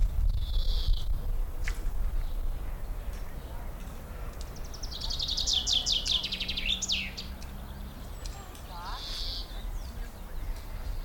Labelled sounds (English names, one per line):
Common Chaffinch